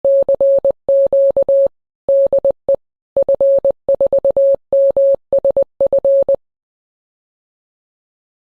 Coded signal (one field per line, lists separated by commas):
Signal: Morse code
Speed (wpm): 20 wpm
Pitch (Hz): 550 Hz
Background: none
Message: CQ DE F4MSF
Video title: Morserino-32 : le compagnon idéal du débutant pour apprendre le Morse !